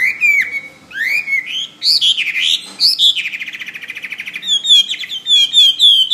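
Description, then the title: Bird song of loud whistled upswept notes, a fast buzzy trill in the middle, then repeated high slurred whistles near the end. "SuaraBurung Kicau"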